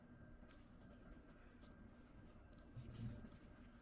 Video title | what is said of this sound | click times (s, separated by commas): Mars Front and Rear Brake Caliper Replacement Tutorial | Stuff them in until you hear that click. | 0.5 s